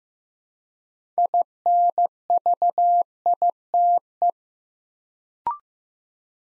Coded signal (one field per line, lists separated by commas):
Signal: Morse code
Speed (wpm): 15 wpm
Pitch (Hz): 700 Hz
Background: none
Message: INVITE